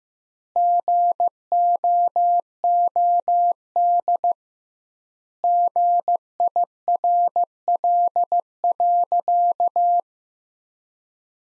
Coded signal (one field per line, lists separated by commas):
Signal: Morse code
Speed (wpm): 16 wpm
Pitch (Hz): 700 Hz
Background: none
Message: GOOD GIRL.